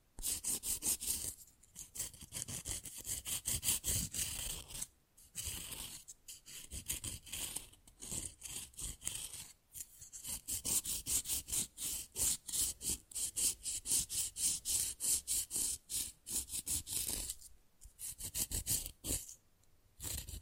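Fast, rough nail filing runs in quick back-and-forth strokes, bright and scratchy, dense and fairly regular through most of the clip. Brief gaps break the rhythm near 1.5, 5, 9.5, 17.5 and 19.5 seconds before the rasping resumes.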